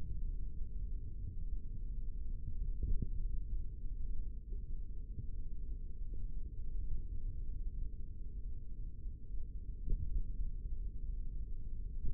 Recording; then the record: forearm muscle sounds (acoustic myography)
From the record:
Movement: index flexion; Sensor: system 3, bracelet of six PUI Audio POM-2738L microphones around the upper forearm, with dedicated amplification and filtering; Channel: 4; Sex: male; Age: 25 years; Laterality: right